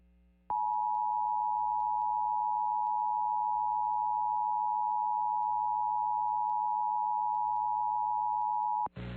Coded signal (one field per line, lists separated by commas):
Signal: Emergency Alert System (SAME) tones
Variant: 853 and 960 Hz attention tone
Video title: (EAS Audio) Tornado Emergency for Fort Polk, LA 4/22/2020